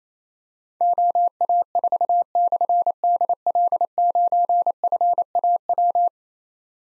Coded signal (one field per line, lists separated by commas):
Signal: Morse code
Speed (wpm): 28 wpm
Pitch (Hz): 700 Hz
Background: none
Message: OA4/DL9FAW